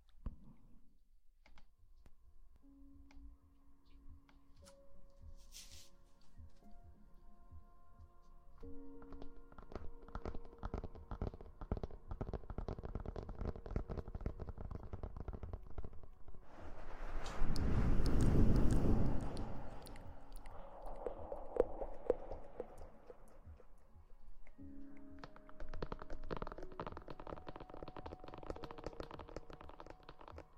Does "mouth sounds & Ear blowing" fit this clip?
yes